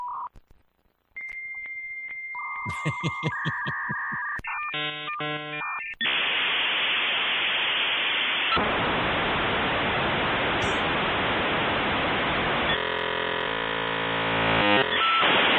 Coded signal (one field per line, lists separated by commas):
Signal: dial-up modem handshake